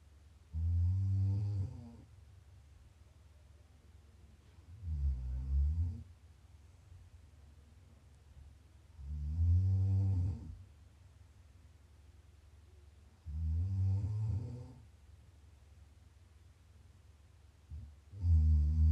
ASMR Snoring.